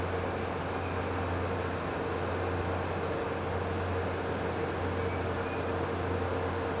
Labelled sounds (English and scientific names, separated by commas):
none